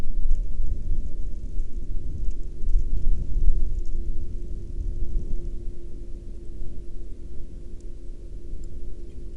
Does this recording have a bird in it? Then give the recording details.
no. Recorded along the Dalton Highway, Alaska, on 16 April 2019 at 06:50. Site 07